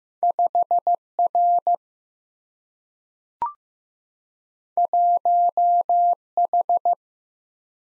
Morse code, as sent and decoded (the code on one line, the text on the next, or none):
..... / .-. / .---- / ....
5 R 1 H